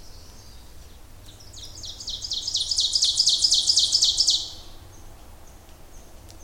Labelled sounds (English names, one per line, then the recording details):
Ovenbird song
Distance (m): 20 m
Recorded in boreal forest in Alberta, Canada, on 26 May 2016 at 08:13
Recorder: SongMeter 3, array SBT-3-15
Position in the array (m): 53 m, 223 m
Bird 20